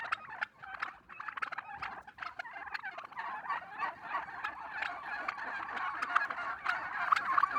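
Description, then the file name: Turkey chorus of rapid gobbles, patchy at first and growing fuller toward the end. Red turkeys, several birds. "dindes rouges"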